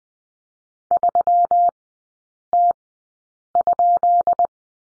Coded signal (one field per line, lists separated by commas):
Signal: Morse code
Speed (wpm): 20 wpm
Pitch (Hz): 700 Hz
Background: none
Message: 3T?